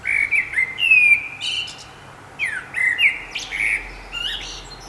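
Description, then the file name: Common blackbird singing clear whistled notes, the first phrases loudest, then softer whistles broken by sharp downward squeaks. "Turdus merula"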